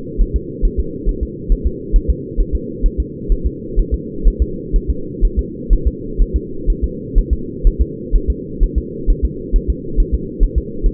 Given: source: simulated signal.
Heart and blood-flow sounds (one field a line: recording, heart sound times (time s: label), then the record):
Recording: fetal heart sounds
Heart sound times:
0.21 s: S1
0.36 s: S2
0.65 s: S1
0.80 s: S2
1.09 s: S1
1.23 s: S2
1.52 s: S1
1.67 s: S2
1.96 s: S1
2.10 s: S2
2.41 s: S1
2.55 s: S2
2.86 s: S1
3.00 s: S2
3.32 s: S1
3.46 s: S2
3.80 s: S1
3.94 s: S2
4.28 s: S1
4.42 s: S2
4.76 s: S1
4.90 s: S2
5.25 s: S1
5.39 s: S2
5.73 s: S1
5.87 s: S2
6.22 s: S1
6.36 s: S2
6.70 s: S1
6.84 s: S2
7.19 s: S1
7.33 s: S2
7.67 s: S1
7.81 s: S2
8.16 s: S1
8.30 s: S2
8.63 s: S1
8.78 s: S2
9.10 s: S1
9.25 s: S2
9.56 s: S1
9.70 s: S2
10.00 s: S1
10.15 s: S2
10.44 s: S1
10.58 s: S2
10.86 s: S1
From the record:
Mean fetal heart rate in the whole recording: 130 bpm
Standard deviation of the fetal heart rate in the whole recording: 4 bpm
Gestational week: 38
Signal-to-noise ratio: -4.3 dB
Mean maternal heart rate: 72 bpm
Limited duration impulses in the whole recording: absent